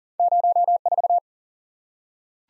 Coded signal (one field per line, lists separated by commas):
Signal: Morse code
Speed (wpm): 40 wpm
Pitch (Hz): 700 Hz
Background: none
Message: 04